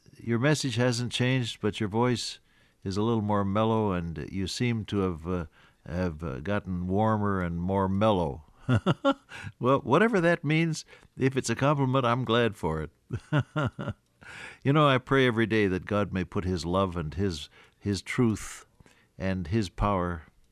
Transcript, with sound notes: your message hasn’t changed but your voice is a little more mellow and you seem to have gotten warmer and more mellow.” (Laughs) Well, whatever that means, if it’s a compliment I’m glad for it. (Laughs) You know I pray every day that God may put His love and His truth and His power